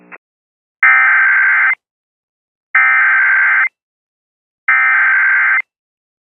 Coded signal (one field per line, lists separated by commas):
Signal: Emergency Alert System (SAME) tones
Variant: header bursts